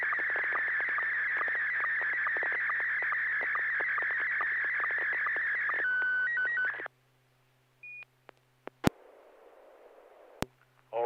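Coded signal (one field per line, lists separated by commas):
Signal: SSTV (slow-scan television)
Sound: buzzy warbling scan tone with steady ticks, brief stepped tones, then hiss and clicks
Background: FM radio squelch noise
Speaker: Image looks good. And definitely a train.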